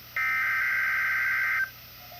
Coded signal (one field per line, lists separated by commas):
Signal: Emergency Alert System (SAME) tones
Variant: header bursts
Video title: (EAS #18) Required Weekly Test